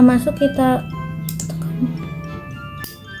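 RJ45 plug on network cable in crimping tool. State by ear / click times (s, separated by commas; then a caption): seated / 1.3 s, 1.4 s. A network cable fitted into an RJ45 plug is squeezed in the middle section of a crimping tool while someone talks, with music in the background. Two sharp clicks sound at 1.3 s and 1.4 s as the crimp closes. The clicks confirm the plug is seated and secure on the cable.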